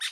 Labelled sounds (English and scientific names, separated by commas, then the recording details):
Brown-throated Parakeet (Eupsittula pertinax) contact call
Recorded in Bonaire
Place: 1 km N of power plant, rd to Republiek
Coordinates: 12.184, -68.285